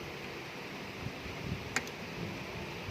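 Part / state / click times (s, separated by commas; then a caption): PSU power cable plug into hard disk/DVD drive power socket / seated / 1.8 s. A PSU power cable plug is pushed into the power socket of a hard disk/DVD drive over a steady fan-like background hiss. A single sharp click sounds at 1.8 s as the plug locks in place and is confirmed seated.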